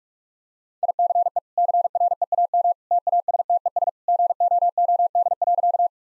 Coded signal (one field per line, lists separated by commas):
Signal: Morse code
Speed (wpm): 46 wpm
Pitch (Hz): 700 Hz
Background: none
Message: ICE CREAM TASTES GOOD.